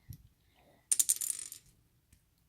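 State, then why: Not seated. A plastic wig is pushed onto the head of a Playmobil toy figure, making a short burst of light plastic clicking and rattling from about 0.9 to 1.5 s, loudest at the start. The wig has not snapped or seated yet; it is a loose wig that misses the usual snap.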